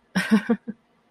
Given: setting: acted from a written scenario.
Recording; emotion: vocal sound without words; amusement